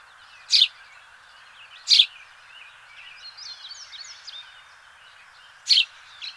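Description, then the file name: House sparrow chirps: three harsh, loud notes spaced a second or more apart, with quieter twittering and squeaky notes between them over a constant hiss. "Passer domesticus"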